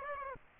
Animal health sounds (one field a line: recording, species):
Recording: mosquito wingbeat signal from an infrared sensor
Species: Aedes aegypti